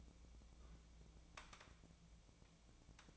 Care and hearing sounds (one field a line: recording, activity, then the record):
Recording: daily activity, microphone in the room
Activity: take from stove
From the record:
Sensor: 1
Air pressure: 1000.0 hPa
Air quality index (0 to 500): 131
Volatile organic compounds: 2 ppm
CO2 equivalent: 1240 ppm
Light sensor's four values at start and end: 42/107/45/56 and 42/107/45/56